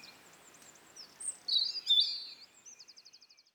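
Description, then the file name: European robin singing a short, high, sliding phrase that ends in a soft, evenly repeated trill. "Erithacus rubecula"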